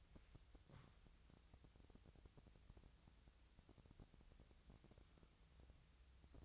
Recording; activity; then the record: daily activity, microphone in the room; wipe stove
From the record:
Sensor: 3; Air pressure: 1001.6 hPa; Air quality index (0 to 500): 224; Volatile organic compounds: 30 ppm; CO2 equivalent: 2964 ppm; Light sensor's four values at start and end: 11/33/14/12 and 11/33/14/12